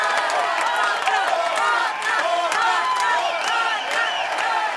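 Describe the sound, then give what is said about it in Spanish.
A crowd cheers and applauds steadily for a guest on stage, with many overlapping voices shouting and whooping over a dense bed of clapping that stays loud and even throughout. “¡A ver, un aplauso!”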